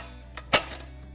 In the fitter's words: It has its own rubber feet, locks in place.